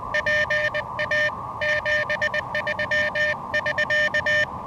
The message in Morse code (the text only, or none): PA 73<SK>